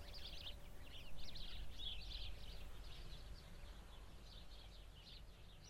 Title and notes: hupperdange, sparrows and cows. Hupperdange - Bird Bush. The sounds of a bush full of sparrows nearby a cow pasture on a windy summer morning. Klangraum Our